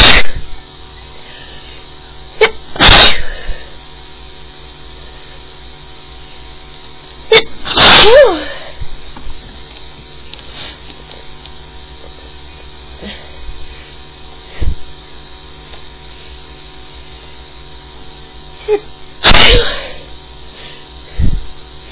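Three forceful sneezes from an adult woman, spaced several seconds apart. Each is a sharp explosive burst preceded by a quick catch of breath. They are heard in a quiet room with a faint background hum.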